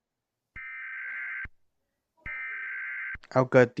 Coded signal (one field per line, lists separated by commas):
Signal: Emergency Alert System (SAME) tones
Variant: header bursts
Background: speech